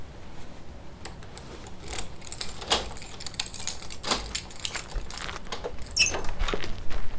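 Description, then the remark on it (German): Keys jangle and clink in a run of light metallic clicks and rattles, building toward a sharper jingle near the end as a house door lock is worked open with a key. No voices. “Dann braucht keiner von uns mehr einen unpraktischen Schlüssel rumschleppen. Ist auch viel sicherer. Alles gut, hab ihn ja.”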